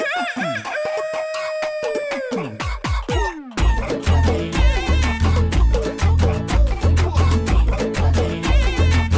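A rooster crows with a bright, harmonic call that glides down at the end, then a loud rhythmic music track with a heavy thumping beat kicks in.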